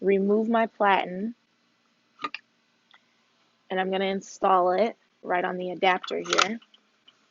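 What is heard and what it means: Someone talks while handling a face mask platen, removing it and bringing it to the platen adapter of an Epson SureColor F2100 DTG printer. A few brief, sharp handling taps are heard around 2.2–2.4 s, with faint ones near 2.9 s and 7.1 s. The platen is not yet locked onto the adapter, and nothing has seated or clicked.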